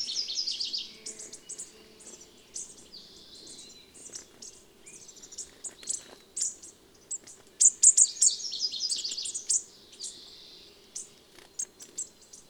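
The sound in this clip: Bird song of high, rapid chirps and trilled bursts, repeated in short phrases with brief pauses, over a faint steady background hum.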